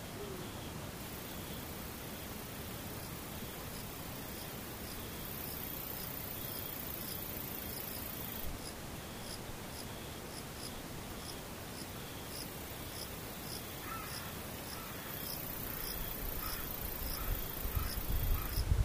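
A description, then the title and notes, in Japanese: Near silence, with faint insects far away. A thin, high chirping ticks in a steady, regular rhythm over a low, even hiss that barely changes. Toward the final seconds a soft low rumble swells slightly. 無音遠くにムシ。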